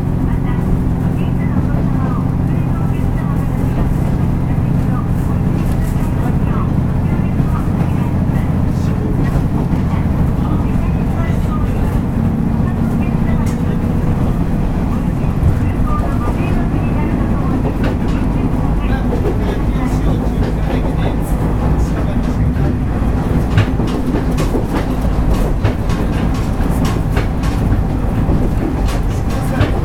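A ride aboard a local train on the Wakamatsu Line, with a steady, heavy low rumble running the whole time. Frequent short clicks and rattles are scattered throughout, growing busier after about fifteen seconds, and faint voices sit in the background.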